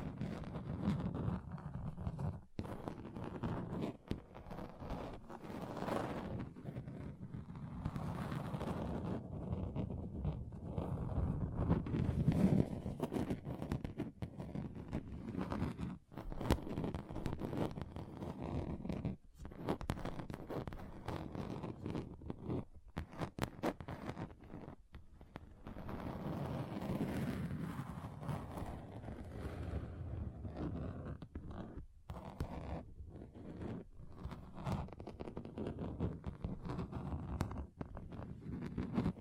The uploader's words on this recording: ASMR Relaxing Table Tapping Different Surfaces (No Talking).